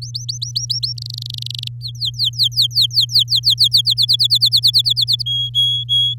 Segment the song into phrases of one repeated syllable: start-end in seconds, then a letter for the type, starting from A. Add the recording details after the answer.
0.02-0.93 A, 0.97-1.68 B, 1.81-3.54 C, 3.58-5.23 D, 5.26-6.14 E. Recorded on 11 May 2018 at 06:23. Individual llb16